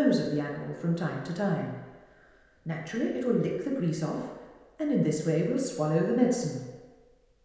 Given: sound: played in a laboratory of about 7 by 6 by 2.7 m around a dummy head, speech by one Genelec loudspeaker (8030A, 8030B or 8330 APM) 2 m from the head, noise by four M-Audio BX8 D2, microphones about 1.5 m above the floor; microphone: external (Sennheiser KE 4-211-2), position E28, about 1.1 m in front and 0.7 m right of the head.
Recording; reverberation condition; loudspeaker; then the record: female speech in English; high; 60 degrees to the right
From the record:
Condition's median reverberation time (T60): about 1300 ms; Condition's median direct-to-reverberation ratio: about -4.0 dB